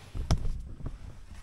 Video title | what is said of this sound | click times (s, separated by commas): 1982 Aircooled VW Vanagon Westfalia Restoration Episode 52 Wheel Alignment | so there that just goes in and snaps into place and then then | 0.3 s